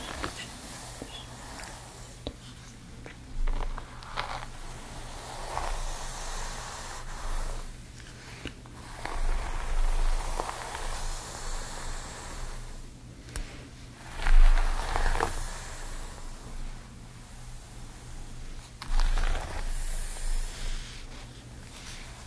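Hair styling sounds: soft, hissing brush-like swishes come in uneven bursts, separated by brief quiet gaps. A steady low hum runs underneath throughout, and sharper, louder knocks stand out around the fourteen- and nineteen-second marks.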